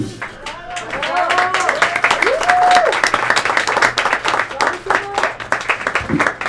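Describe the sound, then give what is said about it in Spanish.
An audience at the poetry reading 'Las flores del mal' bursts into sustained applause for a performer, a dense wash of clapping that stays loud for several seconds before thinning out, with a few voices calling out over it. “Y bueno, ahora para terminar con las flores del mal, un aplauso”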